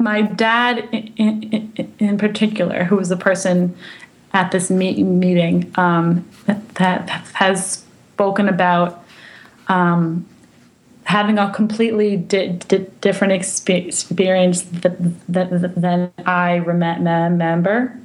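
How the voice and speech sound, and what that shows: An adult woman who has stuttered since childhood speaks in a quiet room with many stuttering moments: part-word repetitions like "mi-meeting" and "rememememember", a repeated "exp-exp-experience", drawn-out sounds and filled pauses. This is developmental stuttering in an adult who stutters.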